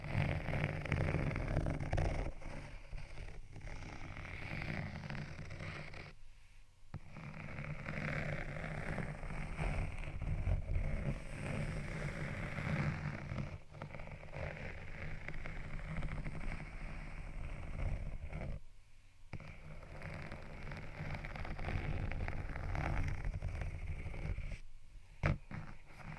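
Scratching and tapping on textured items goes on almost continuously, a dense rough rustle over a low, steady thumping beat. Brief pauses break it near 6, 18 and 25 seconds before the scraping resumes at the same level.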